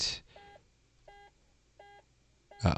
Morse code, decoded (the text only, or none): none